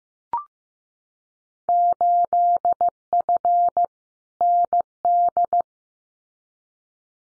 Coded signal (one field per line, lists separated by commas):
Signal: Morse code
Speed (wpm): 15 wpm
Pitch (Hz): 700 Hz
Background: none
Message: 8F ND